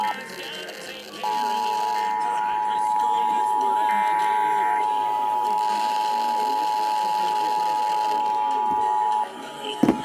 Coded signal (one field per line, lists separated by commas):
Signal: Emergency Alert System (SAME) tones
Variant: 853 and 960 Hz attention tone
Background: speech, music